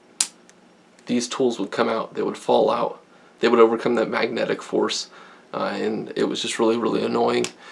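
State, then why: Seated. A Leatherman Free P2 folding multitool with magnetic handles is opened, and its handles snap into the open position with a sharp click at 0.2 s, seating in place. Someone then talks.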